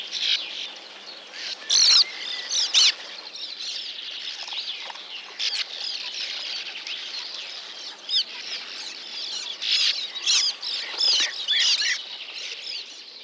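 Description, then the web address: Sand martin keeps up a busy twittering chatter of short rasping notes, with sharp louder chirps standing out now and then. Recorded in Lower Saxony, Germany. "niedersachsen uferschwalbe"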